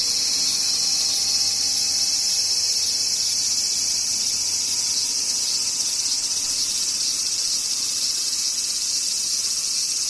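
Cicadas drone without a break, a dense, bright, sizzling buzz that holds at the same level for the full ten seconds. A thin, high whine sits on top of the chorus, and a faint lower tone fades out about midway through.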